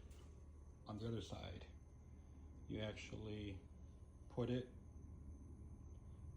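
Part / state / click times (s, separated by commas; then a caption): rear trim panel into car body / not seated / none. A rear trim panel for an RX-2 is being fitted into the car body, placed back edge first and slid under a small tab to line it up before it is centred and pushed down. Someone talks in three short bursts over a low steady hum. Nothing has seated or clicked yet.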